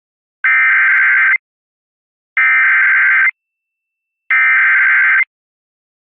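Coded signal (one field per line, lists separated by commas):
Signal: Emergency Alert System (SAME) tones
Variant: header bursts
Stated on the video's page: Thunderstorm warning EAS alert carried on a broadcast station.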